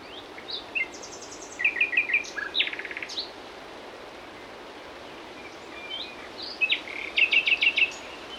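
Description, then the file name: Common nightingale singing in phrases: short repeated notes and quick trills, a pause with faint chirps, then a final loud series of rapidly repeated notes. "Luscinia megarhynchos"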